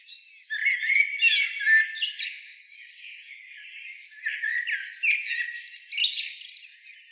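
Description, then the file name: Common blackbird calling in two bursts of scratchy chattering and squawky notes mixed with thin twittering, separated by a quieter pause of about a second and a half. "Turdus merula"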